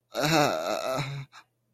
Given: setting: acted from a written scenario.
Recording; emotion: vocal sound without words; embarrassment